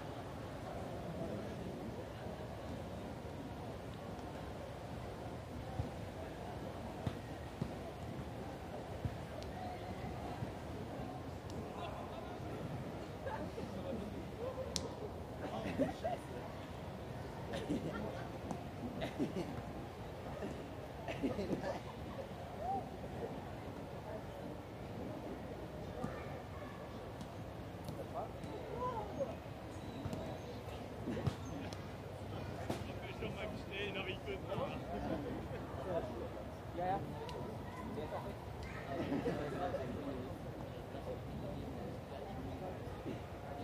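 People pass by in Munich's Englischer Garten, with overlapping fragments of conversation forming a steady, dense murmur throughout. Short sharp knocks and clicks pop up irregularly above the chatter, and a low continuous rumble sits underneath the whole recording.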